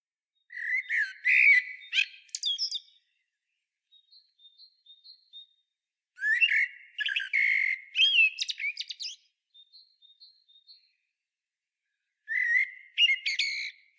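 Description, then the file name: Eurasian blackbird singing in phrases separated by pauses, each a complex burst of chattering, squeaky notes around the upper range, with faint high thin notes between bursts. "Turdus merula"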